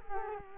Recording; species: mosquito wingbeat signal from an infrared sensor; Culex quinquefasciatus